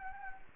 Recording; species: mosquito wingbeat signal from an infrared sensor; Anopheles gambiae